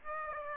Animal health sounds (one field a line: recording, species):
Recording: mosquito wingbeat signal from an infrared sensor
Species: Aedes aegypti